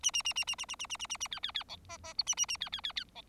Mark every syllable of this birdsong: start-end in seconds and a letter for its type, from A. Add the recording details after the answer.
0.03-0.11 A, 0.13-0.22 A, 0.24-0.33 A, 0.35-0.44 A, 0.47-0.55 A, 0.58-0.65 A, 0.68-0.75 A, 0.79-0.86 A, 0.89-0.97 A, 0.99-1.06 A, 1.09-1.17 A, 1.20-1.28 A, 1.31-1.39 B, 1.43-1.51 B, 1.54-1.63 B, 1.68-1.76 C, 1.89-1.97 D, 2.04-2.13 D, 2.18-2.23 E, 2.26-2.35 A, 2.37-2.46 A, 2.48-2.57 A, 2.60-2.69 B, 2.72-2.81 B, 2.83-2.92 B, 2.96-3.04 B, 3.15-3.22 C. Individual Bird4